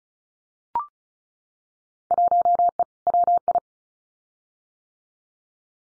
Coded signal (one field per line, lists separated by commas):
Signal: Morse code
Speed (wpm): 36 wpm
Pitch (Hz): 700 Hz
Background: none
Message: 1E WI